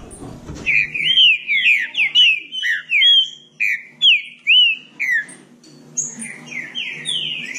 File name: canto do trinca ferro